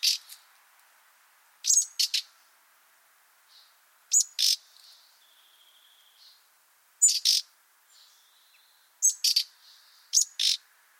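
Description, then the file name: Common nightingale calls: clusters of loud, dry clicking notes every few seconds, with quiet, level whistled tones in the pauses. "Luscinia megarhynchos"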